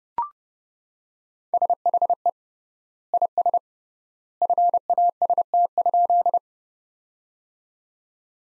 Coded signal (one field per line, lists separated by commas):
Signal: Morse code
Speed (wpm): 32 wpm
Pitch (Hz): 700 Hz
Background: none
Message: SHE IS FAST?